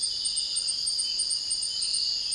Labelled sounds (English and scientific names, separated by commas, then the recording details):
none
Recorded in dense forest near Puerto Asís, Putumayo, Colombia, on 18 February 2024 at 05:00
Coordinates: 0.481, -76.318
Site G6421